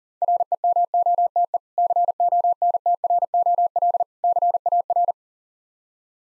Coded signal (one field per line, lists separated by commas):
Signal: Morse code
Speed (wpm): 40 wpm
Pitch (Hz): 700 Hz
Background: none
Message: REMOTE CONTROL CAR